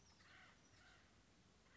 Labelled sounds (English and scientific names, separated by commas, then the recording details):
Acorn Woodpecker (Melanerpes formicivorus)
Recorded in Sonoma County, California